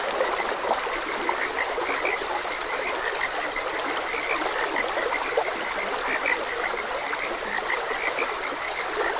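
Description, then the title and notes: Dense frog chorus of repeated brief croaks, occasional stronger calls popping out, over a constant hiss of moving water. Frogs croaking beside a gentle stream. "Gentle Stream and Frogs Croaking - Calming Sounds of Nature. Sleep and Relaxation Podcast"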